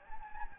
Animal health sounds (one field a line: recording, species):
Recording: mosquito wingbeat signal from an infrared sensor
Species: Anopheles gambiae